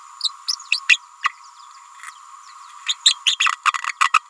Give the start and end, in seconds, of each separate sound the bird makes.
0.23-0.32, 0.48-0.57, 0.71-0.80, 0.89-0.98, 1.22-1.29, 2.86-2.96, 3.05-3.15, 3.26-3.37, 3.40-3.49, 4.00-4.10, 4.13-4.19